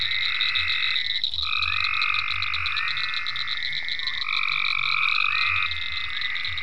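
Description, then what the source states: Overlapping long trilled frog calls continue without pause, a shrill constant drone above them and a throbbing low rumble beneath. Several frogs in ponds at Venaura farm, recorded 27 May 2010.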